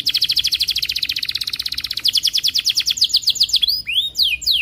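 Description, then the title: Atlantic canary song: a fast steady trill slowing into louder sweeping downslurred notes and high chirps. Canary singing actively, with the best varied phrases (cengkok) and rich fill-in notes (isian). "Kenari Gacor Cengkok Terbaik Isian Paling Mewah"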